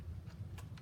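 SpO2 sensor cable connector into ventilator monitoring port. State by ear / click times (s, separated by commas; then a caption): not seated / none. A Masimo SpO2 sensor cable connector is handled at the monitoring port of a portable mechanical ventilator, with a steady low hum throughout and a few soft, brief rustling ticks, including one near 0.6 s and another at the very end. Nothing has seated or clicked yet.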